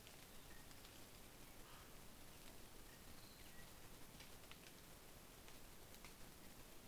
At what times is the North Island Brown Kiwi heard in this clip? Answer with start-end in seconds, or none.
none